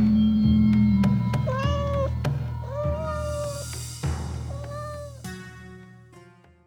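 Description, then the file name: Cat giving three meows, each rising then falling, over a low background hum, the sound fading toward the end. "Katze"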